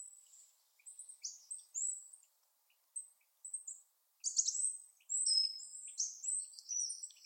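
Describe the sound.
Bird calls: scattered high, thin chirps that thicken into a dense run of sharp, descending whistled notes over the second half.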